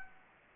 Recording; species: mosquito wingbeat signal from an infrared sensor; Anopheles gambiae